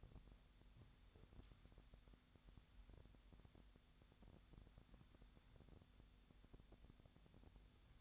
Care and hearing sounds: daily activity, microphone in the room; wipe stove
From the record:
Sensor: 3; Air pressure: 1007.0 hPa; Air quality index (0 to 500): 205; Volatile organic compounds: 18 ppm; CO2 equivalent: 2628 ppm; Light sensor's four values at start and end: 12/28/11/11 and 12/28/11/11

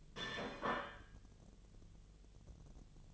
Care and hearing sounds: daily activity, microphone in the room; place plate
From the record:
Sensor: 4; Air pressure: 1010.2 hPa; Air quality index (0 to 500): 181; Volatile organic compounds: 5 ppm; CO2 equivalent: 1830 ppm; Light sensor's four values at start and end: 31/92/36/36 and 31/92/36/36

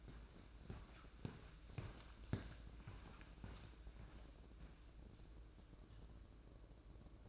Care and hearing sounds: daily activity, microphone in the room; walk to room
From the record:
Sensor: 2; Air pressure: 1012.1 hPa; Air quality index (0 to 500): 144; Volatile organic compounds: 2 ppm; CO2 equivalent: 1043 ppm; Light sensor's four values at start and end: 85/206/84/83 and 91/218/90/88

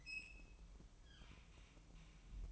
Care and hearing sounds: daily activity, microphone in the room; open fridge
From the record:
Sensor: 1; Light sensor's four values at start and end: 12/28/11/13 and 12/28/11/13

